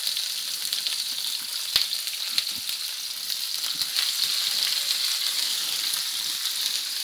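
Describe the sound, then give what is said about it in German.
Red bell pepper strips and sliced spring onions fry in hot fat in a pan, a steady, dense crackling hiss with scattered sharper pops throughout, fairly loud and continuous, with no one talking. “Wie man das hört, das Fett ist heiß und das Gemüse ist in der Pfanne.”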